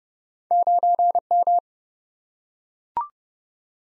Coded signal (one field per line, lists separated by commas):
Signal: Morse code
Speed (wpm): 32 wpm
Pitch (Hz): 700 Hz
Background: none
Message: 9M